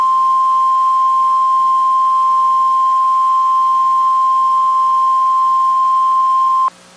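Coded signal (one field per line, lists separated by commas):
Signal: Emergency Alert System (SAME) tones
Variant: 1050 Hz attention tone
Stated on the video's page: NOAA Weather Radio required weekly test tones.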